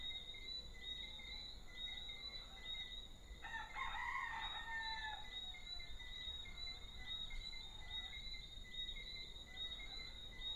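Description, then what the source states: Frogs and roosters: small frogs give high, repeated chirps throughout while a rooster crows once, loud and ragged, a few seconds in. Small frogs and roosters in an early evening soundscape at Deshaies, Guadeloupe, recorded on 19 September 2019.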